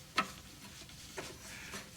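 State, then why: Not seated. On a 1973 Mercedes 450SL R107, a screw is gently tried in a painted threaded hole on the headlight assembly and core support; a sharp metallic tick comes at 0.2 s, with fainter taps near 1.2 s and 1.8 s over a low background hum. The screw does not catch and nothing has seated or clicked yet, with paint in the hole suspected as the reason.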